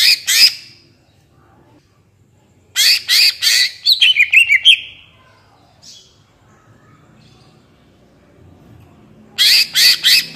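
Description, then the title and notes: Greater green leafbird song: harsh buzzy bursts in quick series, a slurred whistle, then silence before more buzzy bursts. Vocal, actively singing bird, described as melodious; suited as a tutor for training captive greater green leafbirds. "Cucak Ijo Gacor Ngentrok Jambul Nembak. suara burung cucak ijo gacor, merdu cocok buat masteran burung cucak ijo"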